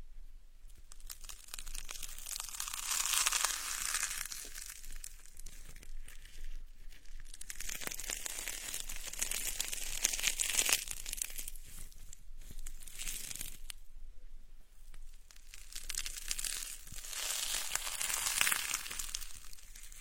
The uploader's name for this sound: dismantling dragon beard sugar ear picking SPA